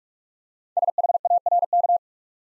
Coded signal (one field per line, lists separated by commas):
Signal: Morse code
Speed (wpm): 44 wpm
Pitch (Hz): 700 Hz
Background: none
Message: SHARK